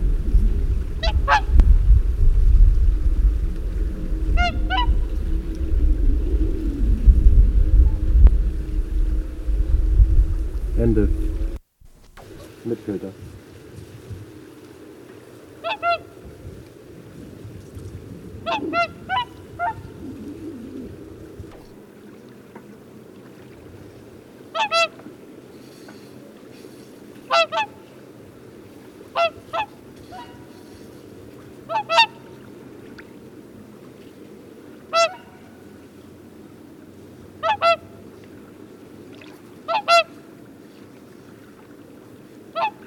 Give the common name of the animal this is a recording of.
Whooper Swan